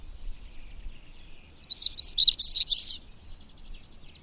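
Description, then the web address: European stonechat singing a single quick, scratchy, high-pitched warble of rapid chattering notes, about one and a half seconds long, with quiet background before and after. "agykontroll Madardalok Cd 2. Cigánycsuk"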